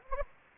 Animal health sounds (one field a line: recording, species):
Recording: mosquito wingbeat signal from an infrared sensor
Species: Anopheles gambiae